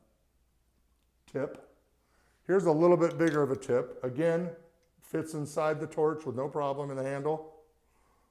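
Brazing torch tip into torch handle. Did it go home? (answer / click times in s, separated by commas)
no / none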